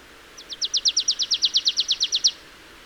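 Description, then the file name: Marsh tit: a run of around seventeen clipped, downslurred high notes, delivered fast and evenly, then silence. "Poecile palustris"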